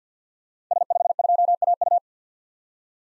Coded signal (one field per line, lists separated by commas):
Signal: Morse code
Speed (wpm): 50 wpm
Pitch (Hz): 700 Hz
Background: none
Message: S52AU